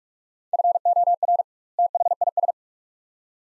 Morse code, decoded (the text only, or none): FOR THIS